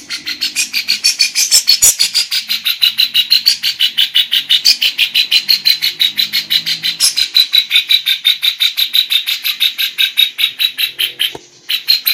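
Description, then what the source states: Grey-cheeked Bulbul chattering steadily, rapid buzzy notes several each second, continuing almost unbroken before a short break near the end. Female.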